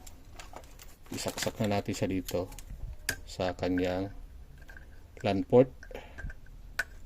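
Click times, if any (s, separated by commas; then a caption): 6.8 s. An Ethernet RJ45 plastic connector is plugged into the LAN port of a Comfast CF-EW73 wifi access point or its PoE adapter while someone talks, with faint small clicks and handling sounds in between. At 6.8 s the plug gives a single loud, sharp click as it seats in the port.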